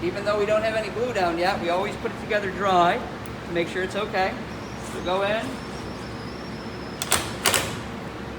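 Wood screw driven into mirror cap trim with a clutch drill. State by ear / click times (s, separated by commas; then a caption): torque reached / 7.0 s, 7.1 s, 7.5 s, 7.6 s. A wood screw is driven into wooden mirror cap trim with a clutch drill during a dry fit, and the drill's clutch slips at its setting once the screw is home. Someone talks, then the clutch clicks sound at 7.0, 7.1, 7.5 and 7.6 seconds. Two or three clicks is enough.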